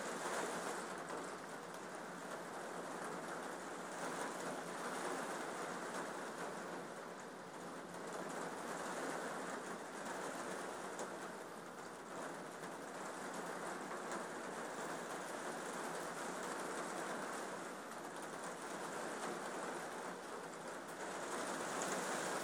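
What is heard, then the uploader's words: Steady, dense rain drums on a roof, a constant bright hiss with a low rumble beneath, swelling slightly and easing without pause. Rain on the roof at Arild by pelles.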